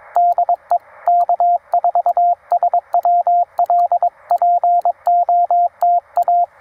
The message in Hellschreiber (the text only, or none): none